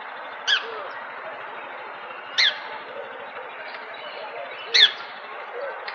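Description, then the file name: Budgerigar calls, three loud sharp squeaks spaced about two seconds apart, rising out of a constant murmur of quieter chatter. "Budgie Sounds"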